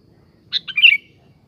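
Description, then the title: Sooty-headed bulbul gives a single short song phrase: two chirpy notes, then a liquid whistled flourish that fades. "Kutilang"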